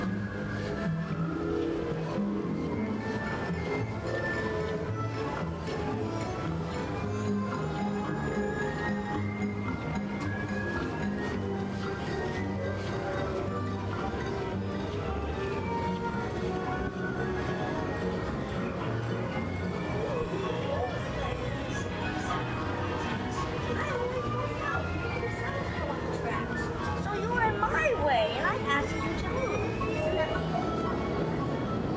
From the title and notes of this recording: Universal Islands of Adventure audio journey. The amazing sounds that come from a Theme Park.